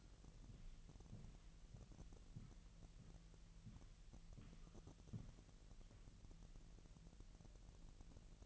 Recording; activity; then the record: daily activity, microphone in the room; walk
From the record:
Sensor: 4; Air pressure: 1002.7 hPa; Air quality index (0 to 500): 247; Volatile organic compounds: 27 ppm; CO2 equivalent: 2900 ppm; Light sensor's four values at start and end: 8/19/7/8 and 8/19/7/8